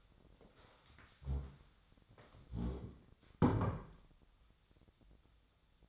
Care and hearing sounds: daily activity, microphone in the room; stand up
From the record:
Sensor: 3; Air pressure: 1015.2 hPa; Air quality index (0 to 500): 141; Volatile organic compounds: 7 ppm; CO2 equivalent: 2004 ppm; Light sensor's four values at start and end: 15/38/15/16 and 13/34/13/14

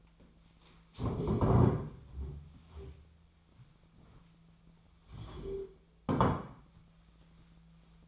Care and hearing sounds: daily activity, microphone in the room; stand up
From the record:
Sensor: 1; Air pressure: 1008.1 hPa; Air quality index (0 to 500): 190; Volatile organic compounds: 17 ppm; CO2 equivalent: 2577 ppm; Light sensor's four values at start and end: 11/29/11/12 and 10/26/10/11

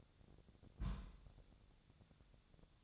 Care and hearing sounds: daily activity, microphone in the room; place on stove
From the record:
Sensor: 3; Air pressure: 999.4 hPa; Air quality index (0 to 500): 196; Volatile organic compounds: 42 ppm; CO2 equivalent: 3188 ppm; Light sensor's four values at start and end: 7/18/7/7 and 7/18/7/7

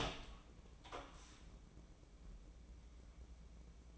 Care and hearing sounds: daily activity, microphone in the room; open door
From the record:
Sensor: 1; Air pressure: 1012.4 hPa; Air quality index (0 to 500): 165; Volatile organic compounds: 3 ppm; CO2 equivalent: 1358 ppm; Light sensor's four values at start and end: 587/1359/606/725 and 581/1345/600/718

